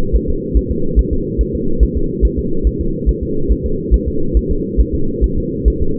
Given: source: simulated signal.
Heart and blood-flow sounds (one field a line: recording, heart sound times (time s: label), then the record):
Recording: fetal heart sounds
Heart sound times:
0.16 s: S1
0.30 s: S2
0.57 s: S1
0.71 s: S2
0.99 s: S1
1.13 s: S2
1.41 s: S1
1.55 s: S2
1.83 s: S1
1.97 s: S2
2.25 s: S1
2.39 s: S2
2.67 s: S1
2.81 s: S2
3.09 s: S1
3.23 s: S2
3.52 s: S1
3.66 s: S2
3.94 s: S1
4.08 s: S2
4.37 s: S1
4.51 s: S2
4.80 s: S1
4.95 s: S2
5.24 s: S1
5.38 s: S2
5.68 s: S1
5.82 s: S2
From the record:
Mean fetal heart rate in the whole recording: 140 bpm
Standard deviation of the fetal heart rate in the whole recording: 2 bpm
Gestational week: 34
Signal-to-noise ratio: -8.1 dB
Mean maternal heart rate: 72 bpm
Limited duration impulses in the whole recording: absent